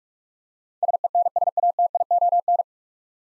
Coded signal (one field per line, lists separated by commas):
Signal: Morse code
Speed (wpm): 46 wpm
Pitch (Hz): 700 Hz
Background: none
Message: SENSATION